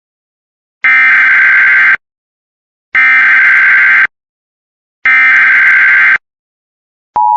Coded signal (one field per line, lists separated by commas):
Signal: Emergency Alert System (SAME) tones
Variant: header bursts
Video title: CDW EAS for Austin